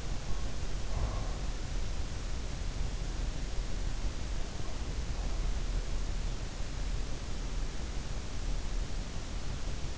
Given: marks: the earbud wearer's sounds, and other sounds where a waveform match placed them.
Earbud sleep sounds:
sounds in sleep by an in-ear microphone; breath
0.00-1.63 s: breath

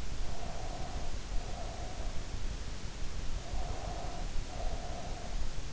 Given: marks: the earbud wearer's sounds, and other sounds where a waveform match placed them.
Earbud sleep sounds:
sounds in sleep by an in-ear microphone; breath
0.20-2.28 s: breath
3.40-5.58 s: breath

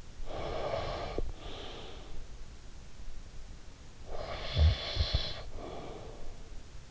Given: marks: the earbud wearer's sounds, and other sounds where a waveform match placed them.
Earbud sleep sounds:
sounds in sleep by an in-ear microphone; breath
0.00-2.34 s: breath
3.80-6.69 s: breath

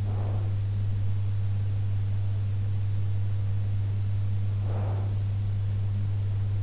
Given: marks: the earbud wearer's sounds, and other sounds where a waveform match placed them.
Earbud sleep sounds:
sounds in sleep by an in-ear microphone; breath
0.00-0.67 s: breath
4.59-5.22 s: breath

